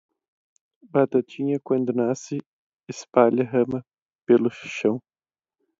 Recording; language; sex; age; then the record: short text; Brazilian Portuguese; male; 20 to 29 years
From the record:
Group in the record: control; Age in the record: 20 years